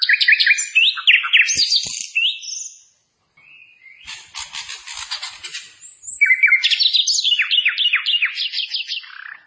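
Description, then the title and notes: Hill blue flycatcher pouring out quick repeated high chirps and slurred notes, interrupted by a brief gap and a hissing, water-like wash before the twittering resumes. Clear song for training (masteran), with the sound of trickling water. "Masteran Sikatan Kipas Suara Jernih Dan Suara Gemericik Air. Suara Burung Sikatan Londo"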